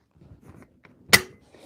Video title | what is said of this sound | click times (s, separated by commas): PART4 LIVE - PSA 308 AR10 - RESIZING & HEADSPACE OVERVIEW | but it will snap into place so it is in | 0.9 s